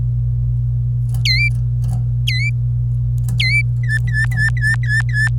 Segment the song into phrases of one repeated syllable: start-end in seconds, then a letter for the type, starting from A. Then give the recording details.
1.25-1.48 A, 2.27-2.49 A, 3.40-3.61 A, 3.83-5.28 B. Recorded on 26 April 2018 at 12:33. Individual llb3